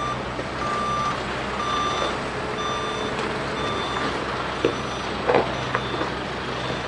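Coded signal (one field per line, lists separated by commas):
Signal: alarm pattern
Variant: forklift reversing beeper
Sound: steady repeating beeps, about one per second, over low engine rumble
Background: engine rumble, clatter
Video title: Forklift Reverse Beeping SOUND Effect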